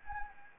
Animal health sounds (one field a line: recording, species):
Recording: mosquito wingbeat signal from an infrared sensor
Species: Anopheles gambiae